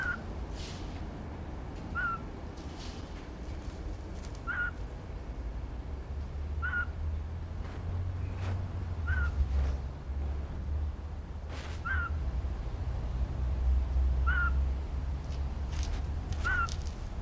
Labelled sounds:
Eurasian Scops Owl (Otus scops) call
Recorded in captivity
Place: Zoo Berlin, Berlin, DE
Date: 1997-10-03 19:40
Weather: heiter, 11°C
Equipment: Sony MD-WM MZ-R3, Sennheiser ME 80, Kopie Uher 4000 Report Monitor
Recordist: Tembrock, Günter

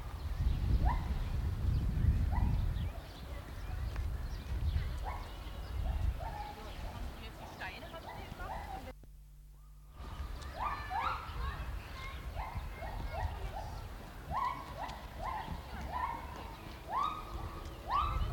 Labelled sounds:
Lar Gibbon (Hylobates lar) call
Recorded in captivity
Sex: pair
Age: adult
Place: Zoo Berlin, Berlin, DE
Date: 1995-04-01 12:50
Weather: bedeckt - heiter, 6 - 8 °C, böiger Wind
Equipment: Marantz CP 430, Sennheiser ME 80, Kopie Uher Variocord 263
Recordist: Tembrock, Günter

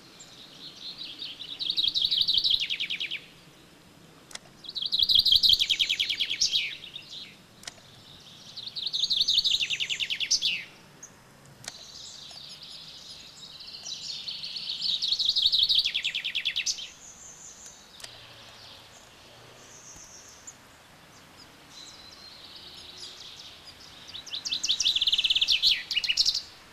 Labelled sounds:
Common Chaffinch (Fringilla coelebs)
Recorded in the wild
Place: Martigny, Kanton Wallis, CH
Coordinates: 46.1239, 7.08528
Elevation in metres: 462
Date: 1986-03-20
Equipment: Uher 4000 Report, Sennheiser MKH 815 T
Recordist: Tretzel, Erwin

